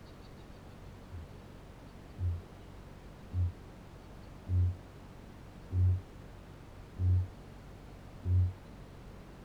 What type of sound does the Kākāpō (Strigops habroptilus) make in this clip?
boom